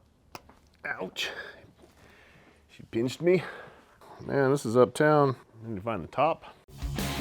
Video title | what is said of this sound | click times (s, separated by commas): Hooking up a brembo RCS19 front master and brake switch, M8 softail Vlog #77 | Gotta snap this dude in right here. | 0.4 s